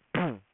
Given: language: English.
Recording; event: throat vibration sensor signal played as sound; throat clearing